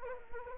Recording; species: mosquito wingbeat signal from an infrared sensor; Anopheles arabiensis